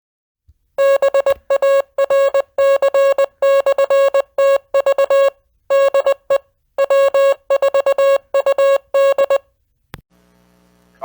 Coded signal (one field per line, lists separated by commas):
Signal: Morse code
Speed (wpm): 20 wpm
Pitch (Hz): 550 Hz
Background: music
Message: BARC/TV DE W4UD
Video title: Bristol 2 Meter Net 01-14-20 K9MI Last call